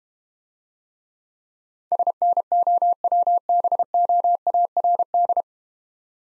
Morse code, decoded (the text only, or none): SNOWBOARD